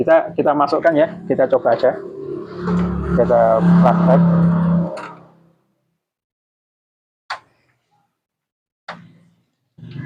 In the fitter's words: Nah, seperti ini. Ini sudah klik. Ini sudah klik.